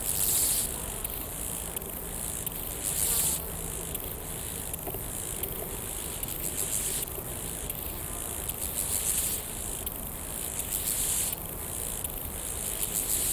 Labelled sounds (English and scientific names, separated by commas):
Steppe Grasshopper (Chorthippus dorsatus) stridulation